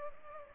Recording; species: mosquito wingbeat signal from an infrared sensor; Culex pipiens